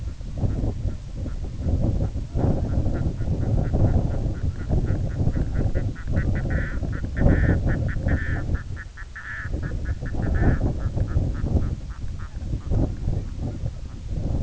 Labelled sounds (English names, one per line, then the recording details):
Red-throated Loon
unidentified sound
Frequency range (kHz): Red-throated Loon 0.1-3.9 kHz
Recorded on Arctic tundra, site IGLO-A, on 17 June 2018
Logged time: 19:59